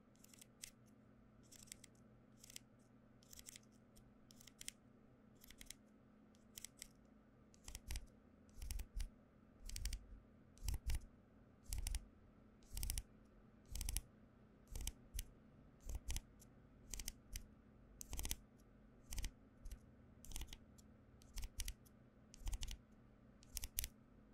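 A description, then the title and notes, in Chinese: Wooden tools tap and snip in crisp, regular clicks, about two per second, growing louder after the first few seconds over a steady low hum. ASMR 木製器具觸發 | Wood Triggers To Help You Sleep | NO Talking。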